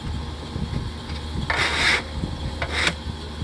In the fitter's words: It could be on all 4 of these corners, and as long as you hear it latch in, then we're good.